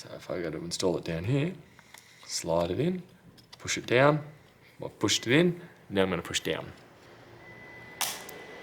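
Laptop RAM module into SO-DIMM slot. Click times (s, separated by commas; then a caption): 8.0 s. Someone talks while a SO-DIMM RAM stick is slid at an angle into the memory slot of an MSI Bravo 15 laptop and then pushed down. A sharp click at 8.0 s marks the retention clips locking, and the RAM stick is seated.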